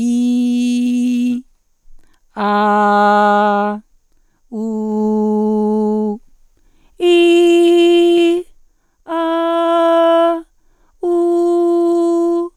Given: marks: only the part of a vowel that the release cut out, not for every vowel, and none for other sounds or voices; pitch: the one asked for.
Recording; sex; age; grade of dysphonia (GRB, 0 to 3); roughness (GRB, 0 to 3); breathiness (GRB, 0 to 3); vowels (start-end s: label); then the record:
sustained vowels; female; 40 to 49 years; 0; 0; 0
0.00-1.27 s: vowel /i/, normal pitch
2.44-3.69 s: vowel /a/, normal pitch
4.60-6.10 s: vowel /u/, normal pitch
7.06-8.31 s: vowel /i/, high pitch
9.17-10.27 s: vowel /a/, high pitch
11.10-12.39 s: vowel /u/, high pitch
From the record:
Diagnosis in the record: psychogenic dysphonia, hyperfunctional dysphonia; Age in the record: 46 years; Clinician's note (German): Ponogen mit Zustand nach 3 x Knötchenabtragung, vernarbte Stimml. mit werdender Hyperfunktion